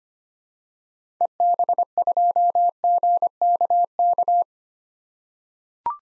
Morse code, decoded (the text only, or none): EB2GKK